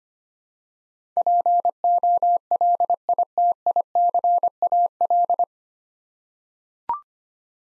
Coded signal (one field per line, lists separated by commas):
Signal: Morse code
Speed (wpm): 25 wpm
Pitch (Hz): 700 Hz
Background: none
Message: POLITICAL